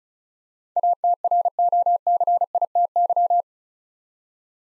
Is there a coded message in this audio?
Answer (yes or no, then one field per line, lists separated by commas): yes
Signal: Morse code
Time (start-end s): 0.8-3.4 s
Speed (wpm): 34 wpm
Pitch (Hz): 700 Hz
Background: none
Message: ATROCITY